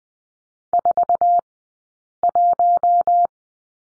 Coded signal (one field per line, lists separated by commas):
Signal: Morse code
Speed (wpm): 20 wpm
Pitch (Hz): 700 Hz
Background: none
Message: 41